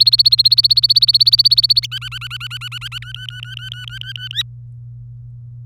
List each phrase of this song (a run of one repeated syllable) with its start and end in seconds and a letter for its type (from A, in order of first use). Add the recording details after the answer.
0.00-1.86 A, 1.92-2.99 B, 3.02-4.28 C, 4.31-4.42 D. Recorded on 24 April 2018 at 13:15. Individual llb3